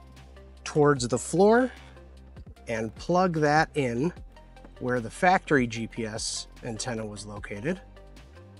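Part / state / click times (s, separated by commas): GPS antenna coax connector into the PDR module socket / not seated / none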